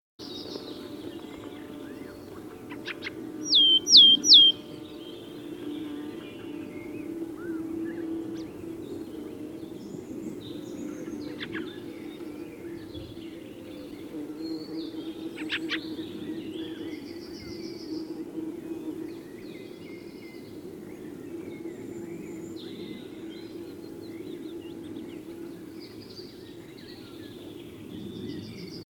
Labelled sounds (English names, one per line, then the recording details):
Willow Tit song
Fieldfare
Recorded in the wild
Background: Turdus pilaris
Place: Brunn, Mecklenburg-Vorpommern, DE
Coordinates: 53.662, 13.335
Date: 1981-04-09
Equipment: Nagra III BH, Sennheiser MD 21, parabola
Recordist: Schubert, Michael
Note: Gesang Weidenmeise, Hintergrund Wacholderdrossel